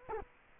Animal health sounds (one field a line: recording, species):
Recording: mosquito wingbeat signal from an infrared sensor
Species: Culex quinquefasciatus